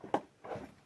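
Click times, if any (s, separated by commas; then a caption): none. The plastic head of a Home Depot 2025 animatronic zombie barber Halloween figure is handled over the neck mount of its body, where it will be pushed down until it snaps in. A sharp knock at about 0.2 s is followed by softer plastic handling noise from about 0.4 to 0.7 s. Nothing has seated or clicked yet.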